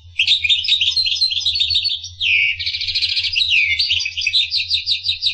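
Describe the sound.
Finch song, busy high twittering with a sweeping downslurred note and rapid buzzy trills, delivered almost without pause; steady low hum behind.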